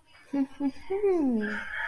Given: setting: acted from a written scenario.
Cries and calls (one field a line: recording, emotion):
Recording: vocal sound without words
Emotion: interest